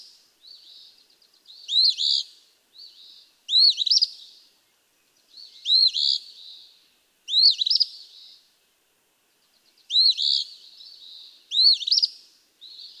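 Eastern phoebe singing repeated harsh fee-bee phrases, about six in a row with short pauses, interspersed with faint buzzy chatter notes; no other sounds.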